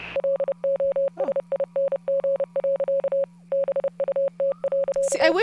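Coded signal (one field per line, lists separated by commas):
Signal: Morse code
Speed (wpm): 30 wpm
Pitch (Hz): 550 Hz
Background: speech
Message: LOSING. BUT.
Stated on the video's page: Morse in the supernatural radio game Oxenfree.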